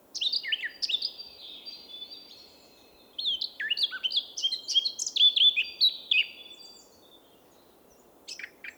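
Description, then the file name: Eurasian blackcap song given twice, each a hurried chattering warble breaking into brighter fluted notes, separated by a short pause, with a few sharp notes at the end. "Sylvia atricapilla"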